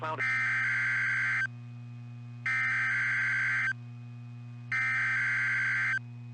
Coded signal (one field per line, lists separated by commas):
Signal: Emergency Alert System (SAME) tones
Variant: header bursts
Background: speech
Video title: It's Wednesday And You Know What That Means |Required Weekly Tests 2/17/2021 (EAS #254-264)